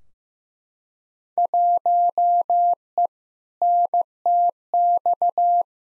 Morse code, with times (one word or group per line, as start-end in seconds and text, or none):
1.4-3.1 1E
3.6-5.6 NTX